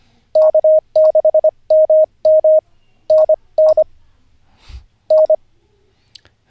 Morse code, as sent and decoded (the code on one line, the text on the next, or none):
-.- -.... -- -- / -. -. / -.
K6MM NN N